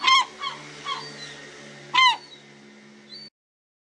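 European herring gull calls: a few sharp yelps spaced out over a steady low hum.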